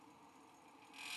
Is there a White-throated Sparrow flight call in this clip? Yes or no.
no